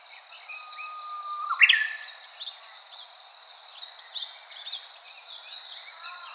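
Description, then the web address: Japanese bush warbler phrase: a flat sustained whistle followed by a quick explosive ending, set against busy, high-pitched chattering from other birds. "birdenaga uguisu"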